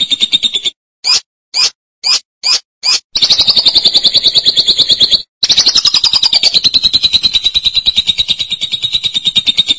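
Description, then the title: Lovebird calls: a short trill, five quick shrill chirps in series, then long rapidly pulsed chatter interrupted once by a short gap. "BM Suara Burung Lovebird"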